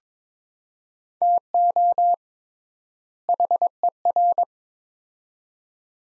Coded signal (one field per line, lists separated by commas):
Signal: Morse code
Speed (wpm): 21 wpm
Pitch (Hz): 700 Hz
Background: none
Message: TO HER